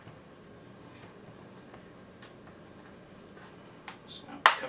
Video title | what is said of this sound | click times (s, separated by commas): The Process Speech Brandon Finney | back in please you hear it snap once that's done you're | 3.9 s, 4.5 s